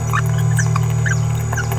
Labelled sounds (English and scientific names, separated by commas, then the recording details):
Green-rumped Parrotlet (Forpus passerinus) babbling
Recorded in a nest box in Venezuela
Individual 18B17A3